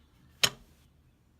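The folding stock of a CYMA Galil SAR AEG airsoft rifle is swung back to the extended position, and its hinge joint on the receiver snaps shut with a single sharp click at 0.4 s. A faint tail fades out by about 0.8 s. The stock is locked into place.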